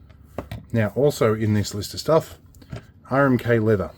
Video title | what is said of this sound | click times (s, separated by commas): Donations and Deliveries November 2024 | they go in very positive click it's all very robust good strong stuff | 0.4 s, 0.5 s